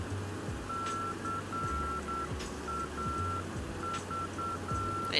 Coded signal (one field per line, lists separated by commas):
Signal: Morse code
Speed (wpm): 9 wpm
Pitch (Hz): 1350 Hz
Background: speech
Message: CAV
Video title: FlyJSim Boeing 727 Freighter Flown by Real 737NG Captain | East Midlands - Milan Bergamo